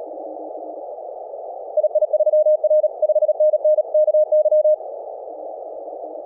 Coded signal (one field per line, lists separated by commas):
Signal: Morse code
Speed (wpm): 37 wpm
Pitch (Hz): 620 Hz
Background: none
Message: II3R 5NN KY